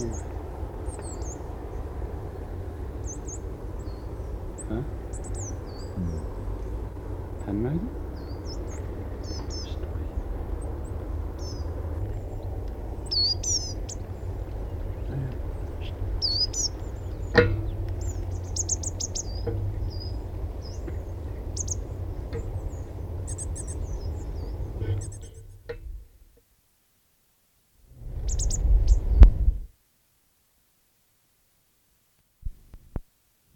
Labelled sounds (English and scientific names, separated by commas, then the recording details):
Coal Tit (Periparus ater) call
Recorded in the wild
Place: Banzelvitzer Berge, Rügen, Mecklenburg-Vorpommern, DE
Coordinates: 54.53, 13.4
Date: 1968-10-26
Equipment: NAGRA III BH, Sennheiser MD21 mit Reflektor (d=75 cm, Glasfiber) und Stativ
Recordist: Schubert, Michael
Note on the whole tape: Tannenmeisen, einsilbige Rufe